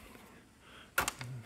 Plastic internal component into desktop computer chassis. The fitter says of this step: but you can see how this snaps back in there um this I can just snap